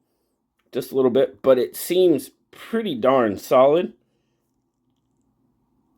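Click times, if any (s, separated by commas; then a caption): none. Someone talks while handling the steel main blade of an American-made Queen Cutlery jumbo linerlock trapper pocket knife, about to fold it into its half-stop detent, where the backspring will snap it. Speech fills the clip from about 0.7 to 3.9 seconds, then near silence follows. Nothing has clicked or seated yet.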